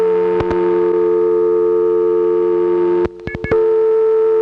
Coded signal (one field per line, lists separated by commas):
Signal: telephone call progress tone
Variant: North America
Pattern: dial tone